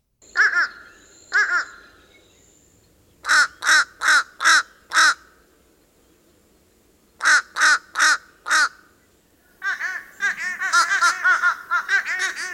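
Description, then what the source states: Fish crow calls, short nasal caws given in pairs and runs of four to five, with several birds overlapping toward the end. Large calling flocks.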